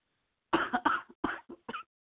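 A run of deep coughs in quick succession from an adult who is under the weather.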